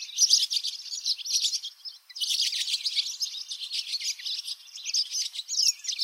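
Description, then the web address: Barn swallow song, a rapid continuous chatter of high twittering notes with short scratchy bursts, briefly pausing near the two-second mark before resuming. In Lower Saxony, Germany. "niedersachsen rauchschwalbe"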